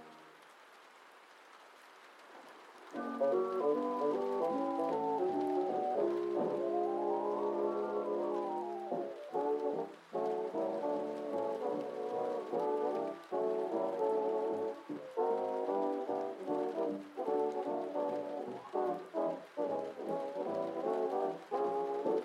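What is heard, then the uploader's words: Vintage oldies music plays from another room, muffled and lacking treble. A soft hiss fills the first three seconds before the tune comes in and continues steadily, with a rising and falling run near eight seconds and brief dips around ten and fifteen seconds. Cozy Rainy Night Vibes: Oldies Playing from Another Room. Vintage music from another room.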